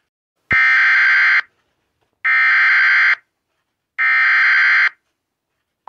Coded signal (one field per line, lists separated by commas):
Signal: Emergency Alert System (SAME) tones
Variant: header bursts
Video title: EAS Complation for 4/12/2023 (EAS#708-716)